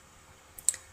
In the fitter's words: the mouth of the can and then simply push it down inside the can till it snaps off.